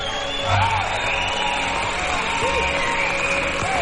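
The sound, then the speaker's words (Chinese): An audience applauds to welcome the evening's guest, a steady wash of clapping with excited whoops and shouted cheers rising and falling over it at a fairly loud, even level. “让我们掌声欢迎今晚的单身大师。”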